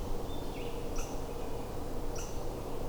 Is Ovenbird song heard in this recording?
no